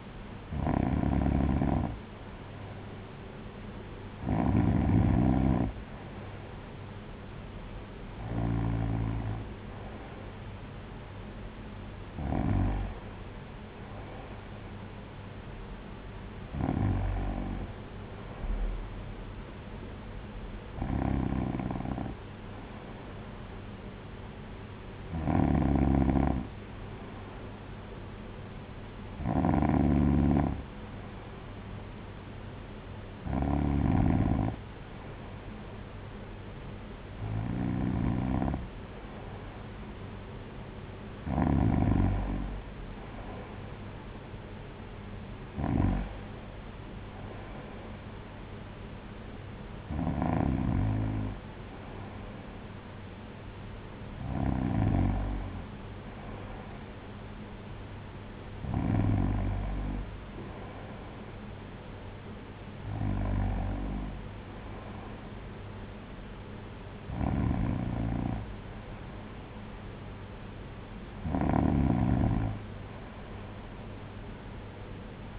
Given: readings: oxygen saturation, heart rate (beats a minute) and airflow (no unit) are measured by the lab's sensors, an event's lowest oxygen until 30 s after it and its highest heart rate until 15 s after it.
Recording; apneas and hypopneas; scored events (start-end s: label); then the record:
breathing in sleep by a voice recorder at the bedside; none
none scored
From the record:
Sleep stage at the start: N2 (light sleep); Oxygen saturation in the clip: 93 to 94%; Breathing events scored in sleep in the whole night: 226 in 8.8 hours asleep